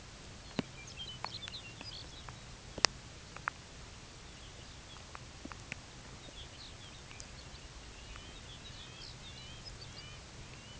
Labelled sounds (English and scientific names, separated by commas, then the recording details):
Lapland Longspur (Calcarius lapponicus), unidentified sound
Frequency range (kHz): Lapland Longspur (Calcarius lapponicus) 2.0-6.9 kHz
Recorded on Arctic tundra, site UTQI-5, on 13 June 2019
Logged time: 16:00